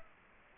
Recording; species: mosquito wingbeat signal from an infrared sensor; Aedes aegypti